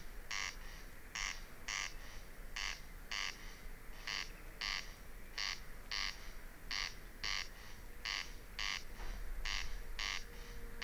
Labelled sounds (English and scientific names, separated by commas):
Corn Crake (Crex crex)